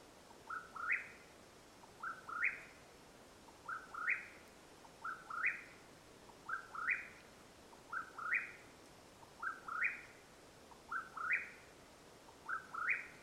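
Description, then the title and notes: Mexican whip-poor-will giving a steady series of rolling, upslurred three-note calls, nine phrases in quick succession with brief pauses, against a soft background hiss. Wild bird calling at nightfall in Madera Canyon, Arizona, USA, recorded 21 April 2022. "The call of the Mexican Whip-poor-will at nightfall in Madera Canyon, AZ. Recorded April, 21 2022."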